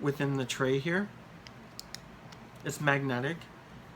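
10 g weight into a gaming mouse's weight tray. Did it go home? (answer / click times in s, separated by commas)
no / none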